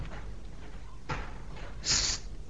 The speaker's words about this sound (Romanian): S-a deschis ușa balconului. Ei, și? Uite, Bartolo și Rozina au ieșit în balcon.